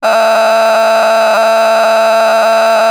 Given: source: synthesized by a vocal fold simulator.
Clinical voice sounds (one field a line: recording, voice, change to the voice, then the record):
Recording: sustained vowel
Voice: female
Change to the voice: a random mix of aspiration noise, stiffness perturbation and strain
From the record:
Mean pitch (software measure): 222 Hz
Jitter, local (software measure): 2.94%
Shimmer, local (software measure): 4.8%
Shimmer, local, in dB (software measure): 0.44 dB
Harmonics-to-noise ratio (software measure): 10.3 dB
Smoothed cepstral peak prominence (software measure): 12.1 dB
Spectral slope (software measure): -16.8 dB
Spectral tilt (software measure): -8.3 dB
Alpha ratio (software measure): -7.3 dB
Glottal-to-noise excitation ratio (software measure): 0.912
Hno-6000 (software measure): 1.6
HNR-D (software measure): 31.6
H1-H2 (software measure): -1.4 dB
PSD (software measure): 8.0e-04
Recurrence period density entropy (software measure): 0.125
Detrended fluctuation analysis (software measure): 0.0084